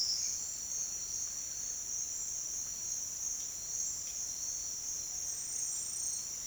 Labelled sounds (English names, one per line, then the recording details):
none
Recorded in secondary vegetation near Puerto Asís, Putumayo, Colombia, on 25 June 2025 at 08:00
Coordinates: 0.485, -76.322
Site GP06